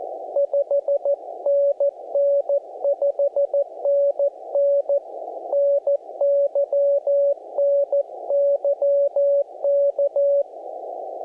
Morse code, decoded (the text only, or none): 5NN 5NN NY NY K